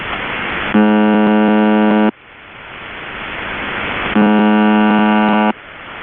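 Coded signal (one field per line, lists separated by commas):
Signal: channel marker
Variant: UVB-76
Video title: The Buzzer (4625khz) - Live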